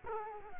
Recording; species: mosquito wingbeat signal from an infrared sensor; Culex quinquefasciatus